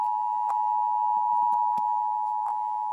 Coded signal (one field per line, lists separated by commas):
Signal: Emergency Alert System (SAME) tones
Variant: 853 and 960 Hz attention tone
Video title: Paw Patrol Hurricane Dorian EAS Mock (Actual Hurricane, Fake EAS)